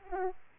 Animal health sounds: mosquito wingbeat signal from an infrared sensor; Aedes aegypti

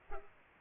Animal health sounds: mosquito wingbeat signal from an infrared sensor; Culex pipiens

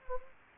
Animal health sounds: mosquito wingbeat signal from an infrared sensor; Anopheles gambiae

